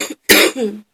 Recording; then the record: coughing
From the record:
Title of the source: 60 coughing still (deep and wet cough)